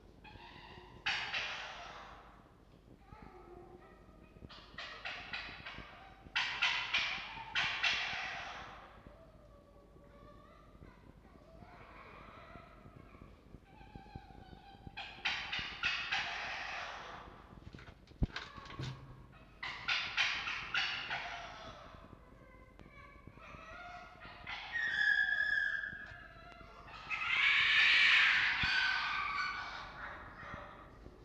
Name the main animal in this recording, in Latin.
Vulpes vulpes